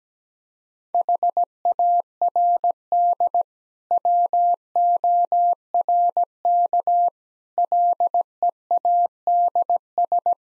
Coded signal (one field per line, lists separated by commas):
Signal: Morse code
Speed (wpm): 17 wpm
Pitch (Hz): 700 Hz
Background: none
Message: HARD WORK LEADS